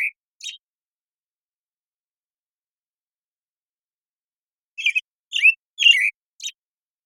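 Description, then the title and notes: American Robin song fragments: two brief notes at the start, then a long silence before several whistled and squeaky phrases near the end. Morning song in a very long sequence, Pacific Northwest, Washington, United States; parabolic microphone recording, processed clean for clarity with natural pacing and rhythm kept. "American Robin, Turdus migratorius, morning song, very long sequence, parabolic recording, processed clean for clarity, natural pacing and rhythm maintained, family Thrushes and Allies, order Passeriformes Recorded in the beautiful Pacific Northwest, Washington, United States"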